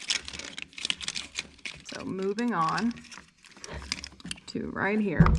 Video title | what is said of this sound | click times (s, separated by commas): Re-Igniting The Spark of The BMW M6 (Coils & Plugs) | I got the coil pack connector back installed it locks in place when you close this | 0.9 s